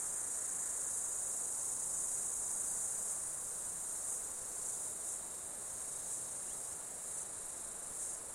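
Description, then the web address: Insects giving a continuous high buzzing drone with faint pulses layered over it, against soft background hiss. Insects calling during an Australian summer. "Foundation 1 AMBIENCE AUSTRALIAN SUMMER INSECTS"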